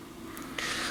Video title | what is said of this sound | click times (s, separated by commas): Suntour XCR Fork Service - Disassemble/Clean/Lube/Re-assemble | just press that down into place until it snaps on just | 0.6 s